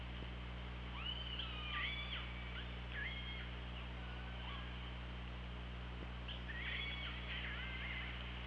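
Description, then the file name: Orca calls, several pulsed squealing calls with harmonic bands, a group early and another near the end, over constant hiss and low hum. OrcaLab hydrophone, 24 August 2017, about 18:54. "Orca Lab UTLN JASON 20170824 185424 ORCALABDYNI"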